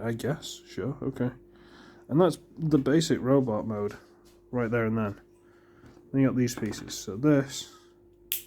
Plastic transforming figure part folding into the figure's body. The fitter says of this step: bring that down and it clicks into place just